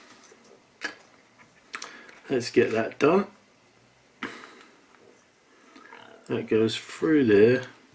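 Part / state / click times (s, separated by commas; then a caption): sprocket or idler part into the hull mount of a scale model tank / not seated / none. A sprocket or idler part with a metal piece is pushed through its hull mount on a 1/16 scale HobbyBoss Tiger I model tank while someone talks. Short handling taps and knocks come between the words. The clip ends before the part goes home, and nothing has seated yet.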